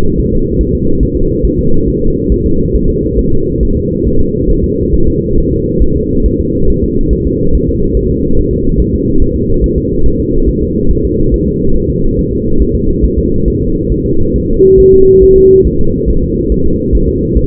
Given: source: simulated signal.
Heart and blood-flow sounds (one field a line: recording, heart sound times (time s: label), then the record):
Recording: fetal heart sounds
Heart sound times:
0.19 s: S1
0.33 s: S2
0.61 s: S1
0.75 s: S2
1.03 s: S1
1.17 s: S2
1.45 s: S1
1.59 s: S2
1.88 s: S1
2.02 s: S2
2.32 s: S1
2.46 s: S2
2.75 s: S1
2.89 s: S2
3.19 s: S1
3.33 s: S2
3.63 s: S1
3.77 s: S2
4.07 s: S1
4.21 s: S2
4.50 s: S1
4.64 s: S2
4.94 s: S1
5.08 s: S2
5.38 s: S1
5.52 s: S2
5.82 s: S1
5.96 s: S2
6.26 s: S1
6.40 s: S2
6.70 s: S1
6.84 s: S2
7.13 s: S1
7.27 s: S2
7.55 s: S1
7.69 s: S2
7.97 s: S1
8.11 s: S2
8.39 s: S1
8.53 s: S2
8.80 s: S1
8.94 s: S2
9.22 s: S1
9.36 s: S2
9.64 s: S1
9.78 s: S2
10.06 s: S1
10.20 s: S2
10.49 s: S1
10.63 s: S2
10.91 s: S1
11.05 s: S2
11.34 s: S1
11.48 s: S2
11.76 s: S1
11.90 s: S2
12.19 s: S1
12.33 s: S2
12.61 s: S1
12.75 s: S2
13.05 s: S1
13.18 s: S2
13.48 s: S1
13.62 s: S2
13.92 s: S1
14.06 s: S2
14.36 s: S1
14.50 s: S2
14.80 s: S1
14.94 s: S2
15.23 s: S1
15.38 s: S2
15.67 s: S1
15.81 s: S2
16.09 s: S1
16.23 s: S2
16.52 s: S1
16.66 s: S2
16.95 s: S1
17.09 s: S2
17.37 s: S1
From the record:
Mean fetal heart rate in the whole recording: 140 bpm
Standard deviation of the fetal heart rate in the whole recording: 2 bpm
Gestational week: 34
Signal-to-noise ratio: -17.7 dB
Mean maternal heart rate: 72 bpm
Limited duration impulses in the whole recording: present